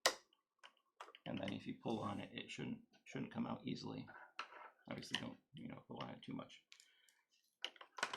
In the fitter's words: common mistake is just to you know plug it in and feel like it's plugged in but it's not plugged in until you hear it click